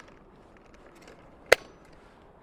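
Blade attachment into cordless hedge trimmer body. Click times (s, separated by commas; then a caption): 1.5 s. A geared plastic grass shear attachment is pushed onto a cordless hedge trimmer body over a quiet background. It snaps into place with one sharp, loud click at 1.5 seconds, and the attachment is seated and ready.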